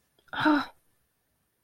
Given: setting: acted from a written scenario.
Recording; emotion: vocal sound without words; anger